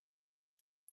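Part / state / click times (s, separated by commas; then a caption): plastic model laser cannon top onto its mounting peg / seated / 0.9 s. A plastic laser cannon top from a model kit is pushed onto its mounting peg on a retry. A faint, high-pitched tick at about 0.6 s is followed by a single sharp click at 0.9 s as the part snaps into place and seats.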